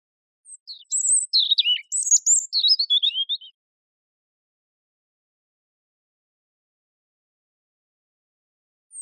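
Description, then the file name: European robin singing a single hurried phrase of high, sharply slurred notes lasting about three seconds, followed by a long silence and one faint note. "Erithacus rubecula"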